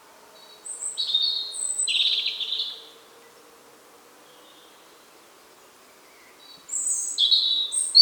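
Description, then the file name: European robin singing two short phrases of high, thin warbling notes, separated by a pause of about three and a half seconds. "Erithacus rubecula"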